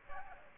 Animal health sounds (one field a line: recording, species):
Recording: mosquito wingbeat signal from an infrared sensor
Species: Aedes aegypti